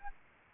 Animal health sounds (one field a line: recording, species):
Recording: mosquito wingbeat signal from an infrared sensor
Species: Aedes albopictus